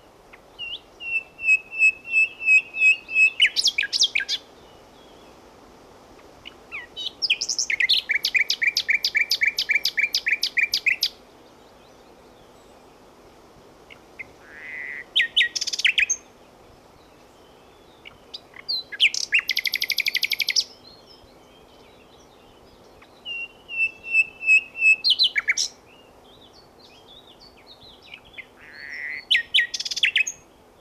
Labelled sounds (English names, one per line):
Common Nightingale song